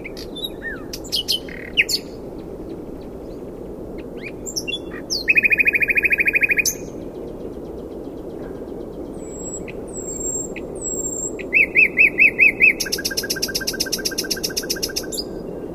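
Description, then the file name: Common nightingale song with varied phrases: sharp clicks, a fast pulsing trill, pure drawn-out whistles, then another rapid repeated run, with quiet gaps between; low background rumble. "Luscinia megarhynchos"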